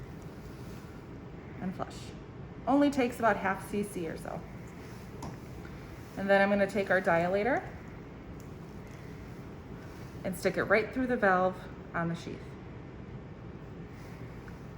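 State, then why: Not seated. A plastic dilator is picked up and positioned before being pushed through the valve of an introducer sheath hub, while someone talks. Only faint handling noises are heard, with brief small sounds near 5.2 s and 14.5 s. Nothing has clicked or seated yet.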